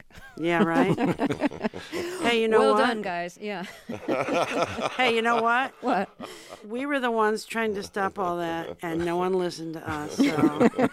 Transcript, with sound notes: Yeah, right?
(LAUGHTER)
Hey, you know what...
Well, done guys. Yeah.
(LAUGHTER)
Hey, you know what?
What?
We were the ones trying to stop all that, and no one listened to us.